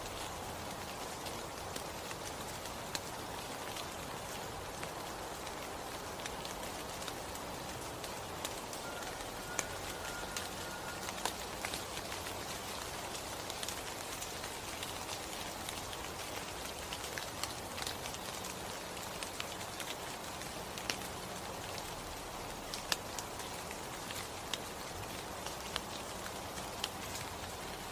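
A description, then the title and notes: Light rain falls on a mountain meadow, a steady fine patter spread evenly across the whole stretch. Scattered sharper drop ticks stand out now and then, a little more often in the second half, and the overall sound stays soft and constant. Light Rain on the Mountain Meadows. Forest meadow,mountains.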